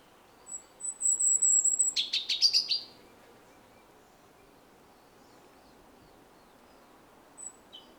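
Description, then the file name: European robin song: a long thin high whistle followed by a fast scratchy trill, then quiet with a couple of faint notes near the end. "Erithacus rubecula"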